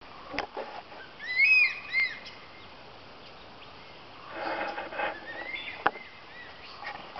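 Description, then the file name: Crested serpent eagle giving a short run of loud, arched whistles, followed by a rustling noise burst and a sharp click over a quiet background. Recorded at Dhoni. "Crested Serpent Eagle from Dhoni"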